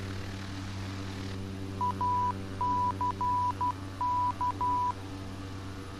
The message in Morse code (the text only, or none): ACK